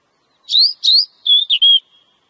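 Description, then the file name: Oriental magpie-robin song: a short run of five loud whistled notes, two rising slurs followed by level and slightly falling whistles. Lure song. "suara kacer pikat"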